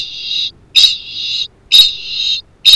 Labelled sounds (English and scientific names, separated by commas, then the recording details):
Kākāpō (Strigops habroptilus) ching call
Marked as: faintness 1/5
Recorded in New Zealand
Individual Arab